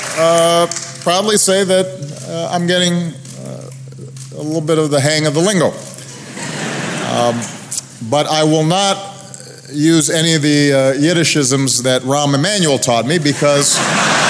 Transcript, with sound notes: proudly say that I'm getting a little bit of the hang of the lingo. (Laughter.) But I will not use any of the Yiddish-isms that Rahm Emanuel taught me because